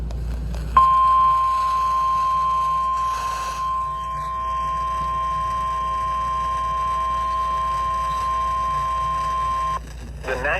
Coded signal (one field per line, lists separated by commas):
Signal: Emergency Alert System (SAME) tones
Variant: 1050 Hz attention tone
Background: speech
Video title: TORNADO WARNING (EAS #48) 2023/03/03